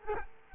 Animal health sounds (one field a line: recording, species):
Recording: mosquito wingbeat signal from an infrared sensor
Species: Culex quinquefasciatus